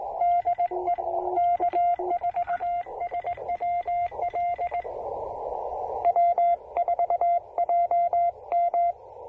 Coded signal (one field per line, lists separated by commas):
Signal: Morse code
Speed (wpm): 19 wpm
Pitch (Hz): 700 Hz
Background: radio noise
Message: DE K4SWL W4JM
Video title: Field Portable POTA: Pairing the Yaesu FT-817ND, an End-Fed Half-Wave, and the Begali Traveler!